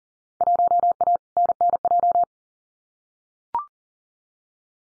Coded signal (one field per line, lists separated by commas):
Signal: Morse code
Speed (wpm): 39 wpm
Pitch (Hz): 700 Hz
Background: none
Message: 1A NNJ